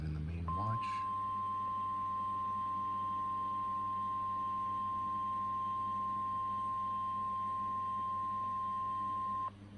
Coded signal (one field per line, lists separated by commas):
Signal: Emergency Alert System (SAME) tones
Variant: 1050 Hz attention tone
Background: speech